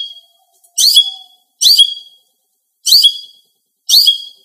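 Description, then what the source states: Greater green leafbird calls: four sharp chirps with whistled tails, given about once a second in a steady series. Female bird.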